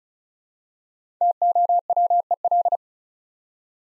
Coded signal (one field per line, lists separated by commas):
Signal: Morse code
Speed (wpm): 36 wpm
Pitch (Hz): 700 Hz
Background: none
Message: TOWEL